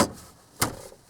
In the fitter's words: pop into place, kind of.